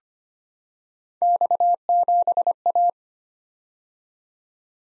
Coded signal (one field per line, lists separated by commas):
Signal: Morse code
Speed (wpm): 25 wpm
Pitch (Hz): 700 Hz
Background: none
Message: X7A